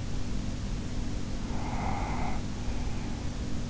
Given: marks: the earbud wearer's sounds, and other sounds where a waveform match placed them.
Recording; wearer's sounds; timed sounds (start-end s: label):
sounds in sleep by an in-ear microphone; breath
1.22-3.65 s: breath